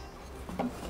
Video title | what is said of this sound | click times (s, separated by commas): 154% Brighter LED Bulbs for Nissan Titan 2016-2019 LED Low Beam and High Beam | ahead and plug the factory wire harness into the bulb connector like so you'll hear it click real nice and | 0.5 s